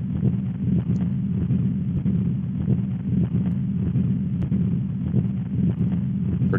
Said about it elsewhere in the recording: If that doesn't close normally at birth, which it's supposed to, there are some congenital inherited problems where it stays open. Then we have what we call a patent ductus arteriosus. And that's a sound that is continuous. There's no opening or closing snaps that we hear with that. It's just a constant flow of blood going across this abnormally open artery that is persistent from infancy. This can be treated medically in the newborns.